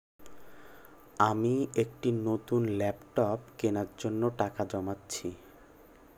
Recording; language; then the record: elicited speech; Bengali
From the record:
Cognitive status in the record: cognitively healthy